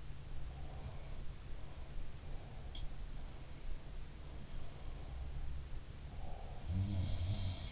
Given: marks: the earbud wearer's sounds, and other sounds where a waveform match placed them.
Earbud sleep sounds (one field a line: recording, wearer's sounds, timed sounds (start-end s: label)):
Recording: sounds in sleep by an in-ear microphone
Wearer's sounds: breath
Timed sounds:
0.52-2.79 s: breath
5.94-7.72 s: breath
6.29-7.72 s: sound from someone else or the room